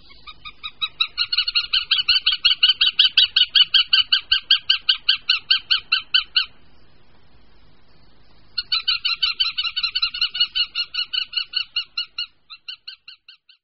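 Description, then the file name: Northern goshawk call, a fast harsh chattering series of repeated notes, about six seconds long, a two-second pause, then another run that slows and fades at the end. "Jestřáb lesní"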